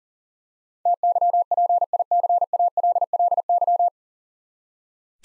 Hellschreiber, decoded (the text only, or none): none